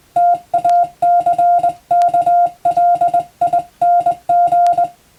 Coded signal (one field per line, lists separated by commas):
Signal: Morse code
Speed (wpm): 20 wpm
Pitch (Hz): 700 Hz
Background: music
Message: TACKLING